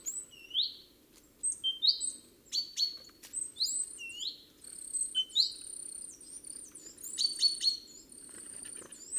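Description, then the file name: Great tit calls: a series of hooked, rising whistles and very high thin notes, with scattered clicks and a noisy low background. "Parus major"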